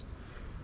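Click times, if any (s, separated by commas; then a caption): none. A brass 10mm cartridge is pushed into a metal revolver moon clip, where it does not click in at all and simply falls out, likely because many 10mm cases are not quite to spec. Only a steady low, rumbling background noise is heard, with no sharp transient. Nothing has seated or clicked.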